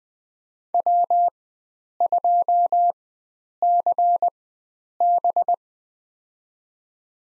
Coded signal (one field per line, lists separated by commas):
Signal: Morse code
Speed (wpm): 20 wpm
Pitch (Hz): 700 Hz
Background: none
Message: W2CB